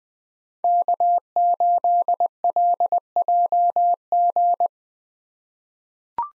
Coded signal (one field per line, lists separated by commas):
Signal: Morse code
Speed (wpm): 20 wpm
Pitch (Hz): 700 Hz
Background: none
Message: K8LJG